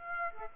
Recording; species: mosquito wingbeat signal from an infrared sensor; Aedes aegypti